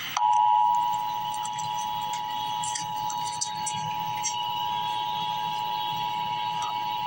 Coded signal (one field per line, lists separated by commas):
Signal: Emergency Alert System (SAME) tones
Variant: 853 and 960 Hz attention tone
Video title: Emergency Alert System - Winter Weather Advisory - Dec 25, 2025 at 12:28 PM EST